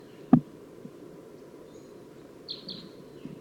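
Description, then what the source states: Crossbill calls, a pair of short sharp downslurred notes near the end, after a single loud knock, over a steady low hum. Wild crossbill coming down; appears to be a small female.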